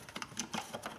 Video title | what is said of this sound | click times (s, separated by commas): BMW 3 Series E46 Light Switch Module Removal And Installation | it does kind of self locate clicks right into place | 0.4 s